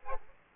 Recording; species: mosquito wingbeat signal from an infrared sensor; Aedes aegypti